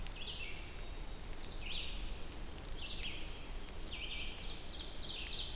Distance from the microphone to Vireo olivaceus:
about 85 m